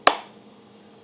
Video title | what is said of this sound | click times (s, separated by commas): hoover power dash pets cleaning vaccum review. | kind of have to give a little till you hear that click | 0.1 s